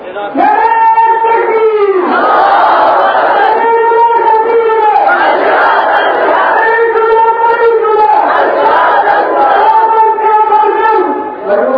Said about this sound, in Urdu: بس بھائی بس, ناموں کے نعرے نہ لگائے کریں. میں نے پہلے بھی اس موضوع پہ مضمون بھی لکھا ہے اور آپ حضرات کو تاکید بھی کہتا ہوں کہ آپ حضرات میرے نام کا تو نعرہ بالکل نہ لگایا کریں. آپ حضرات کا احسان ہوگا, ہم اس قابل نہیں ہیں کہ اپنے ناموں کے نعرے لگوائیں.